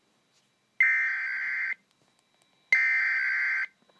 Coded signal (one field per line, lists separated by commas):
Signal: Emergency Alert System (SAME) tones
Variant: header bursts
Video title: EAS 160 DENVER CO SNOW SQUAL WARNING